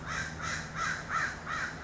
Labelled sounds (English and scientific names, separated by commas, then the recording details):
American Crow (Corvus brachyrhynchos)
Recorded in Sonoma County, California